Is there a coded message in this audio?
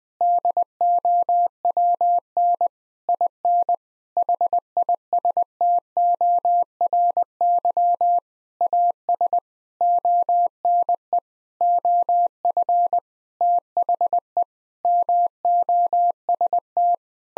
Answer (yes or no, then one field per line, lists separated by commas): yes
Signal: Morse code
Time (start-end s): 0.2-16.9 s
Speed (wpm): 20 wpm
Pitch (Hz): 700 Hz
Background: none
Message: DOWN IN HISTORY AS ONE OF THE MOST